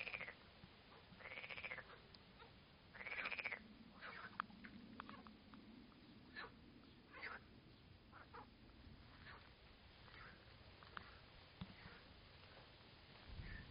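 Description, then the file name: Frogs croaking in a chorus, with two loud bursts of rapid, rattling calls early on, then scattered shorter croaks over a low rumble. Frog chorus recorded at Arles. "Chant des grenouilles Arles"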